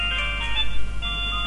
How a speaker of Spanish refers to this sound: Espera un... Sí, le suena un teléfono. Segundito, sí.